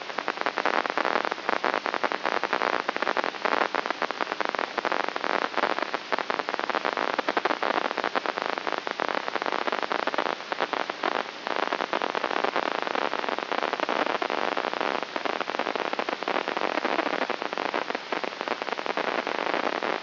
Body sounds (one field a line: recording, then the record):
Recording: brain microelectrode recording played as sound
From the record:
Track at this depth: outside the subthalamic nucleus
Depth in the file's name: 6.44 mm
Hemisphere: right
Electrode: 3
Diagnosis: Parkinson's disease